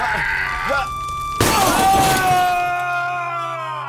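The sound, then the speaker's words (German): A large plate-glass shop window shatters with a sudden loud crash, followed by a shower of tinkling shards ringing out and slowly fading, over a steady low background hum. “Sag mal, woraus besteht dein Schaufenster? Plastik? Flachglas.”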